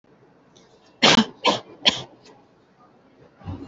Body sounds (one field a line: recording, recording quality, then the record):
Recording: heavy voluntary cough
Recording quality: excellent, no background noise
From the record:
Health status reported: healthy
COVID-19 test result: negative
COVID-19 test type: RT-PCR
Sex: female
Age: 22 years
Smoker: no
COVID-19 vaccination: both doses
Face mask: worn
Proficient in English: yes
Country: India